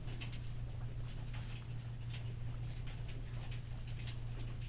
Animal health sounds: poultry house recording; healthy chickens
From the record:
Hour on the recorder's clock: 14

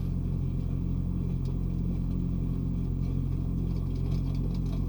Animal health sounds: poultry house recording; no chicken sound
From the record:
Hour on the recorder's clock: 2

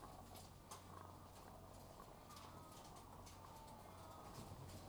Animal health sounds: poultry house recording; sick chickens (respiratory disease)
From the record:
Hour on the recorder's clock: 12

